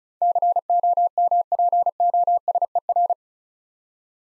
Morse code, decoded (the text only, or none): COMPOSER